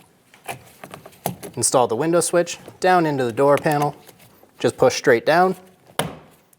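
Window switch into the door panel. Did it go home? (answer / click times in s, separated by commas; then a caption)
yes / 6.0 s. A window switch is pushed straight down into the plastic door panel of a 2001-2006 Chevrolet Silverado 2500 HD while someone talks. A sharp click at 6.0 s marks the switch locking into place, seated in the panel.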